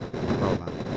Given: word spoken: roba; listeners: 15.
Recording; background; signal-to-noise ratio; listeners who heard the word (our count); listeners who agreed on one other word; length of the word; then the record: one Spanish word in noise, from a listening test; noise modulated by three-talker babble; -3.8 dB; 1 of 15; 11 of 15; 0.57 s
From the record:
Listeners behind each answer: 11, 1, 1, 1, 1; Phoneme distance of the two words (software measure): 27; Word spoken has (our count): 2 syllables, 4 phonemes, stress on syllable 1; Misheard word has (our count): 2 syllables, 5 phonemes, stress on syllable 1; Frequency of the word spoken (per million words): 2.64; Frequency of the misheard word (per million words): 34.89